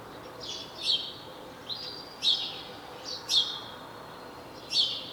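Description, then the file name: House sparrow giving sharp chirps, some paired, at uneven intervals, against a faint hiss. "Passer domesticus"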